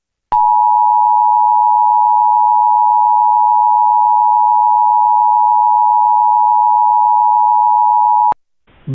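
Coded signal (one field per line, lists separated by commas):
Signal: Emergency Alert System (SAME) tones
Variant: 853 and 960 Hz attention tone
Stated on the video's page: Mock flash flood emergency alert using valid EAS tones; simulated, not a real broadcast.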